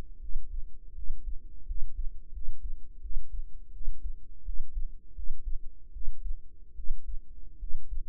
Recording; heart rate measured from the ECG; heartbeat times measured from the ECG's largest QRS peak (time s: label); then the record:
heart sounds by microphone in the right ear; 81 bpm
0.19 s: heartbeat
0.94 s: heartbeat
1.65 s: heartbeat
2.31 s: heartbeat
3.00 s: heartbeat
3.71 s: heartbeat
4.43 s: heartbeat
5.14 s: heartbeat
5.92 s: heartbeat
6.74 s: heartbeat
7.58 s: heartbeat
From the record:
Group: healthy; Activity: rest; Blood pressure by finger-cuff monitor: 97/59 mmHg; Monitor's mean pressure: 73 mmHg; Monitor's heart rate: 84 bpm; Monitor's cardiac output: 7.3 L/min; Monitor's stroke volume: 86 mL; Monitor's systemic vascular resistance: 730 dyn s/cm5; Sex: female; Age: 19 years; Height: 163 cm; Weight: 48.9 kg